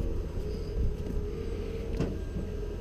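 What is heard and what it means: An EV charging connector is taken out and brought to the charge port of an all-electric F-150 truck, over a steady low hum with faint handling rustles and a brief brighter scrape around 2.0 s. Nothing has seated or clicked yet.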